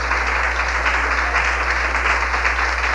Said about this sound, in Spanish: Si usted ama a su hijo, hermano, déle una ofrenda de palmas a Dios, hermano. A ver qué tanto le ama.